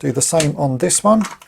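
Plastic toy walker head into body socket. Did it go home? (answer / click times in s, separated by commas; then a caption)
no / none. Someone talks while handling a vintage plastic scout walker toy, getting ready to line up the head's peg and push it into the body socket. Nothing has seated or clicked yet; the head is not yet in place when the clip ends.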